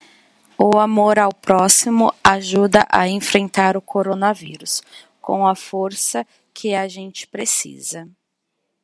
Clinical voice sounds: spoken sentence; Brazilian Portuguese; female; 40 to 49 years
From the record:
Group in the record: control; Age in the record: 43 years

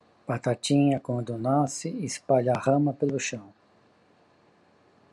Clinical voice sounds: short text; Brazilian Portuguese; male; 50 to 59 years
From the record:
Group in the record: control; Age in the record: 50 years

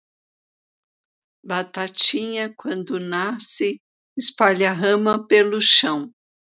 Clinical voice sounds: short text; Brazilian Portuguese; female; 50 to 59 years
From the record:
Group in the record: control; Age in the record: 56 years

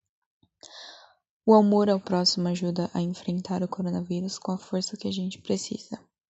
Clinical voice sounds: spoken sentence; Brazilian Portuguese; female; 18 to 19 years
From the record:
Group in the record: control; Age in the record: 18 years

